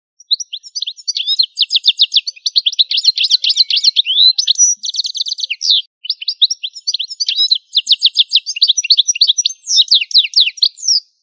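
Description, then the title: Bird song, a rapid, busy chatter of buzzy trills and sharp chirps in fast repeated bursts, running almost without pause with two brief breaks, high-pitched throughout. "LuckyPassaros CompletosSama"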